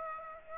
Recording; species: mosquito wingbeat signal from an infrared sensor; Aedes aegypti